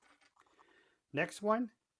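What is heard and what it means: A USB-C plug, the third of three on a charging cable, is handled against a small plastic wireless lavalier transmitter or receiver, with faint rustling and light taps in the first second. Someone then talks. The plug has not snapped in or seated yet.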